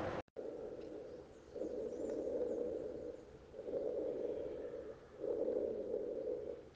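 Low-pitched, snoring rumbles recur with each breath phase, about four in under seven seconds, each lasting over a second. These are rhonchi, lower-pitched sounds from transient airway obstruction by mucus plugs, as in consolidation, or from poor movement of airway secretions, as in chronic bronchitis.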